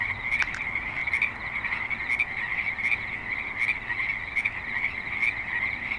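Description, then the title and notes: Frogs calling in a dense chorus, a steady trilling buzz with repeated clicky pulses. Frogs at a creek in suburban Spanish Springs, Nevada, USA. "Frogs in Spanish Springs, NV - creek view. Frogs with light traffic and other suburban sounds"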